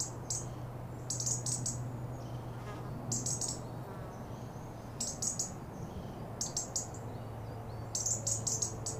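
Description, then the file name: European robin uttering brief, very high clicking notes in small groups every second or two, with a constant low hum beneath. "Erithacus rubecula"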